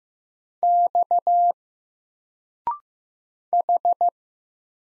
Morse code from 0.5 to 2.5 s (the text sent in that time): X